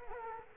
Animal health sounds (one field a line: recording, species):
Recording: mosquito wingbeat signal from an infrared sensor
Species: Culex quinquefasciatus